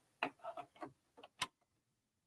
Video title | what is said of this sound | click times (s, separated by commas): PRINT AND STITCH WITH BROTHER and Karlie Belle!!🧵❤ | all right it is snapped into place | 0.2 s, 1.4 s